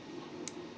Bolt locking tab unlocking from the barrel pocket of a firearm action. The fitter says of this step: boom, you hear that little click? We just unlocked and now we cannot lock again.